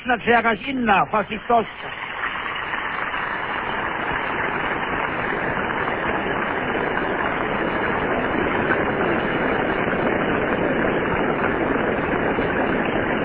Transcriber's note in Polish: długie oklaski